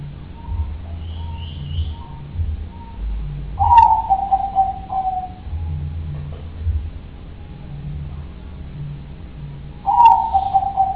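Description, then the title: Dove giving two mellow, sliding coos, each beginning with a soft click and falling slightly, about six seconds apart, over low rumbling background noise. "Canto Da Pomba"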